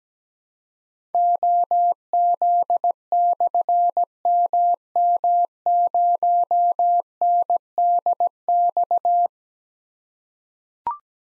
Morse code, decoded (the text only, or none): OZ/MM0NDX